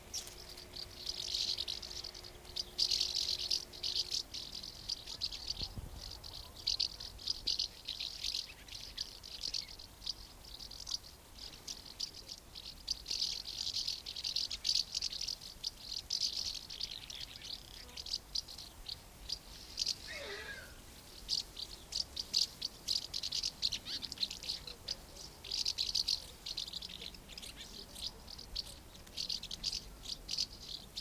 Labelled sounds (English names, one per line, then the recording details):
Common House Martin call
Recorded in the wild
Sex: group
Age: diverse
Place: Lübars, Berlin, DE
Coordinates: 52.6167, 13.35
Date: 2002-07-21 11:46
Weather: sunny, 23°C
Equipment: Nagra SN, Kopie Uher 4000 Report Monitor
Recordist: Tembrock, Günter